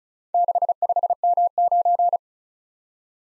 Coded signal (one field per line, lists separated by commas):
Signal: Morse code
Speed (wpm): 34 wpm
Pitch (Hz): 700 Hz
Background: none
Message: 65M9